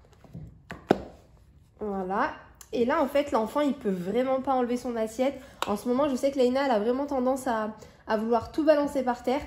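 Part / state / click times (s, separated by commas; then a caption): clip-on lid onto a child's suction plate / seated / 0.7 s, 0.9 s. A plastic clip-on lid is pressed onto a child's suction plate until it clips on, with two sharp clicks at 0.7 s and 0.9 s marking the lid seating. Someone then talks for the rest of the clip.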